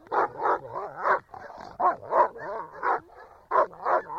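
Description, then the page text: German Shepherd dog giving a run of barks mixed with whiny, yelping tones, with a few short pauses. Shepherd dog barking quietly. "Звук овчарка гавкает. ЗВУКОДАР"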